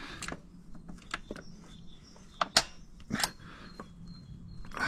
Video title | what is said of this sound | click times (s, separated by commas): TUTO : CHANGER SON JOINT SPY DE BOÎTE - 450 YZF 2021 | et on appuie sur le frein, parce que là il va falloir serrer, et là on serre jusqu'à ce qu'on entende le petit clic. | 2.6 s